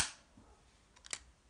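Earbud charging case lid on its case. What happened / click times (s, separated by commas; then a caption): A small plastic lid snaps open / 1.0 s, 1.1 s. The hinged plastic lid of a wireless earbud charging case is opened on its case, giving a small, sharp click. Quick clicks come at 1.0, 1.1 and 1.1 seconds, and the lid clicks open.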